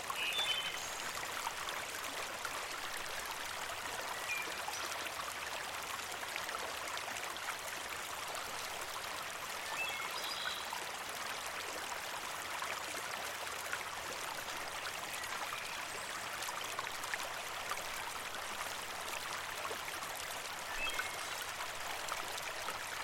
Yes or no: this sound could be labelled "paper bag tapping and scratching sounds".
no